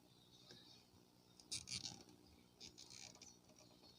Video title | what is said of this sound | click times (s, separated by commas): how to make fish breeding cage ഉണ്ടാക്കിയില്ലൊ.... RICHUSFARM AND Tech | okay, പരമാവധി title lock ചെയ്തിട്ടുണ്ട്. | 1.4 s, 1.9 s, 2.8 s, 3.0 s